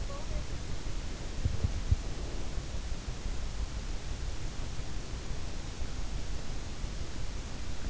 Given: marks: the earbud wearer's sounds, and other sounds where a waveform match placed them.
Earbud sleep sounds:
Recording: sounds in sleep by an in-ear microphone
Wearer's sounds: body movement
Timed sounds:
1.21-2.60 s: body movement

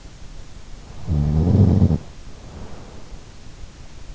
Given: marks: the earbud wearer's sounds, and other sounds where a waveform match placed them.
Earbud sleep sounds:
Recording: sounds in sleep by an in-ear microphone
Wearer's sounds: snoring breath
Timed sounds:
0.79-3.65 s: snoring breath

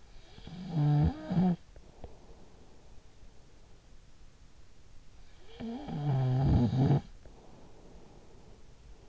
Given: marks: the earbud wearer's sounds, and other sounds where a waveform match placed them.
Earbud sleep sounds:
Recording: sounds in sleep by an in-ear microphone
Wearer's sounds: snoring breath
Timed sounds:
0.01-2.78 s: snoring breath
5.10-9.09 s: snoring breath

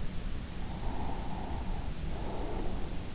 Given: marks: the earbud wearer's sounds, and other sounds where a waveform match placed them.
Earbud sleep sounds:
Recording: sounds in sleep by an in-ear microphone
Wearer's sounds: breath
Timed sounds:
0.62-3.12 s: breath

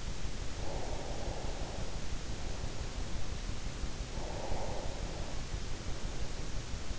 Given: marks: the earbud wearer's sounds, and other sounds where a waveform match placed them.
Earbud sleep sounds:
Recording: sounds in sleep by an in-ear microphone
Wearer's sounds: breath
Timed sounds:
0.48-2.89 s: breath
3.99-6.52 s: breath

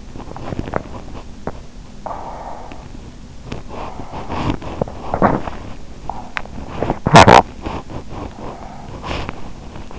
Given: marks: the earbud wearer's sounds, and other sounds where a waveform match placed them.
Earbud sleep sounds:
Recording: sounds in sleep by an in-ear microphone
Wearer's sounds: body movement, breath, teeth grinding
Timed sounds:
0.00-1.65 s: body movement
1.94-3.14 s: breath
3.36-9.90 s: body movement
6.81-7.63 s: teeth grinding
8.28-9.02 s: breath

